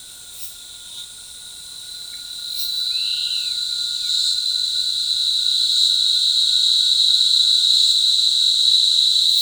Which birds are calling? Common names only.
none